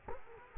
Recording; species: mosquito wingbeat signal from an infrared sensor; Culex quinquefasciatus